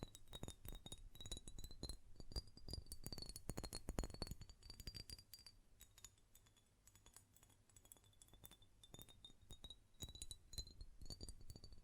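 A glass perfume bottle is tapped and its lid clinks in quick, uneven bursts, each tap leaving a bright ringing tone that lingers. Activity is dense in the first five seconds, thins out in the middle, then picks up again near the end.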